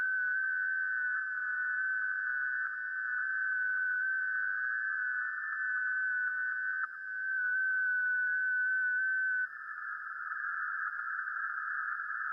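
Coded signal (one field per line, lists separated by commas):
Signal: FT8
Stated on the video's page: FT8 or JS8Call data on 40m via an NVIS dipole, real over-the-air radio, not SDR or simulation, streamed live.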